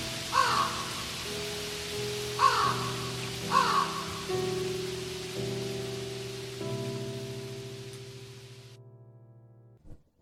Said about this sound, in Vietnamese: Trên đầu ông, mưa vẫn rơi và tiếng quạ kêu sao mà tan tóc tới vậy.